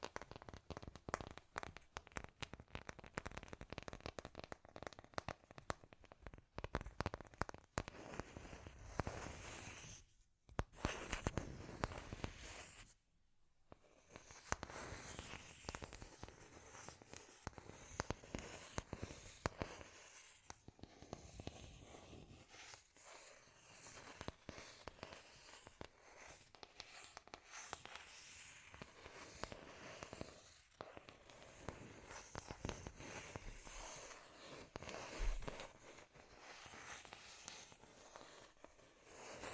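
Dense scratchy tapping runs through the whole recording, a rapid, irregular stream of sharp crackling clicks that spread from low thuds up to bright hiss. Brief gaps of near silence break it around 10 and 13 seconds, after which the tapping resumes at a similar busy pace.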